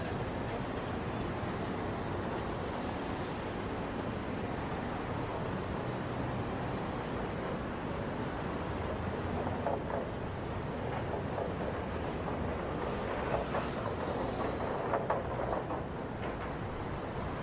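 Heavy traffic rolls over the Brooklyn Bridge in New York City as a constant, dense roar, deep and rumbling with a hissing top. Around the tenth second and again near fourteen to fifteen seconds, brief clattering bursts rise above the steady wash.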